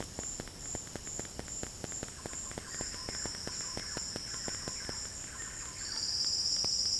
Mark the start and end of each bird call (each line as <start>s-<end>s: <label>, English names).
1.98s-6.19s: Thrush-like Wren